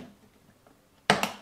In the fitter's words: and install it okay there it shouldn't feel like anything's breaking you should hear clicks